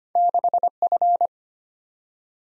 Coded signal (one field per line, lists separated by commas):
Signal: Morse code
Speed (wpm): 25 wpm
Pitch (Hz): 700 Hz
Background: none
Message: 6F